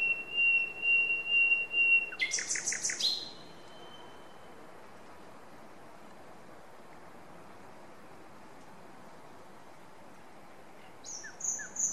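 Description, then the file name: Common nightingale song: a long steady whistle, then a sudden burst of rapid pulsed notes, a long silence, and a new phrase starting near the end. "Luscinia megarhynchos"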